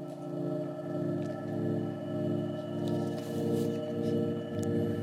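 Breathy, sustained flute tones hold steady over a deep droning bed, swelling and fading gently in slow waves, with no voices.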